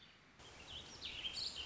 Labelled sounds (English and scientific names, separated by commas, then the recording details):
Warbling Vireo (Vireo gilvus)
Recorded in Sonoma County, California